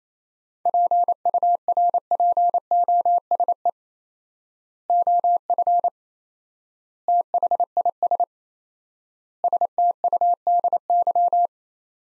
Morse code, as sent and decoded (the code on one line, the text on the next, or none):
.--. ..- .-. .--. --- ... . / --- ..-. / - .... .. ... / ... - ..- -.. -.--
PURPOSE OF THIS STUDY